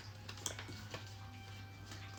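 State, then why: Not seated. A second filter cartridge is pressed onto a respirator mask to make sure it clicks on correctly, with light plastic handling taps, one sharper tap near 0.5 s, and a steady low hum underneath. Nothing has seated or clicked yet.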